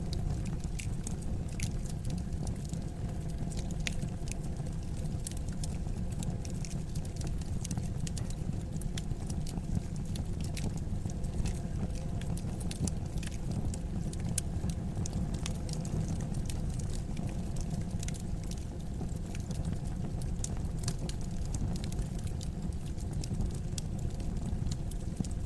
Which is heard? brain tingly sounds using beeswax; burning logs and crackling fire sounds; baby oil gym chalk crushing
burning logs and crackling fire sounds